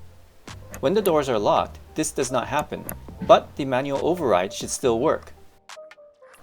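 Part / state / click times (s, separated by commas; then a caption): fuel flap latch actuator in car fuel door / released / 0.5 s. A working fuel flap latch actuator in a car's fuel door unlatches and pops the plastic fuel flap open when the flap is pressed, with a sharp click at 0.5 s. Someone talks throughout, and the flap is released.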